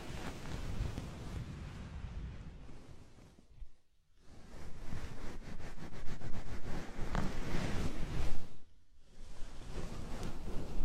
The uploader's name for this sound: Body oil massage and bubble bath